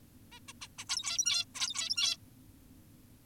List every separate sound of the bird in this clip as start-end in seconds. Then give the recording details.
0.32-0.40, 0.48-0.53, 0.62-0.68, 0.78-0.85, 0.89-1.45, 1.55-2.17. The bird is an adult. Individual g17y2U